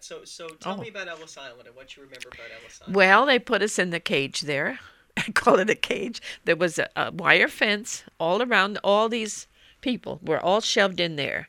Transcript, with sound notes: So tell me about Ellis Island and what you remember about Ellis Island.
Well, they put us in the cage there. ( she laughs ) I call it a cage. There was a wire fence all around. All these people were all shoved in there.